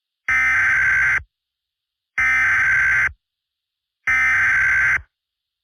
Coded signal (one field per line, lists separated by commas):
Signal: Emergency Alert System (SAME) tones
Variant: header bursts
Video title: EAS Scenario: Infectious Disease (Made By: Sean TV)